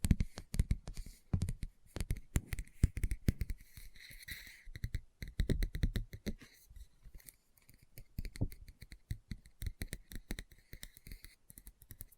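Hands tap and scratch at a book in quick, irregular bursts, the taps landing as sharp clicks with a low thud beneath them. A softer rustling scrape swells around four seconds, and the busy clicking thins out toward the end, leaving sparser taps.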